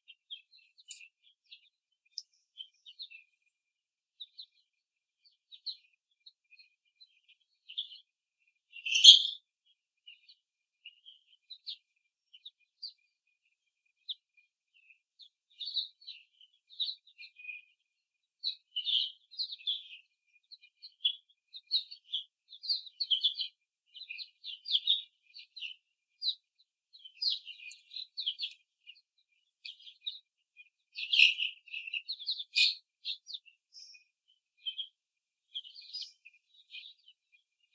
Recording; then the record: young laying hens in a cage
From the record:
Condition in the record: after the stressor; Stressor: simulated dog barking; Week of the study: 3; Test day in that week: 1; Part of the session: 3